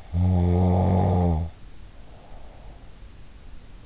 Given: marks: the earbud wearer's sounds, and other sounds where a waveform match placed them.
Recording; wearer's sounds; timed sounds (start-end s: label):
sounds in sleep by an in-ear microphone; snoring breath
0.16-3.37 s: snoring breath